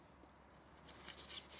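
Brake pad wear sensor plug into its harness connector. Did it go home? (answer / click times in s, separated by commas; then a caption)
no / none. A brake pad wear sensor plug on a 2023 Cupra Formentor VZx is handled and lined up with its harness connector after new front brake pads are fitted. Quiet, low rustling and faint scraping grow a little louder toward the end. The plug has not been pushed in, and nothing has clicked yet.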